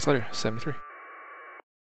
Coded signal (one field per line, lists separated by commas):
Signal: packet radio (AX.25, as in APRS)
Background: speech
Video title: SmartSDR Flex 6700 APRS 2M HowTo